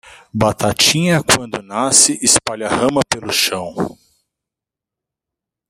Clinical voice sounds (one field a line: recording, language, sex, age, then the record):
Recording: short text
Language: Brazilian Portuguese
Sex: male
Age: 40 to 49 years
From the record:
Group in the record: control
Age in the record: 48 years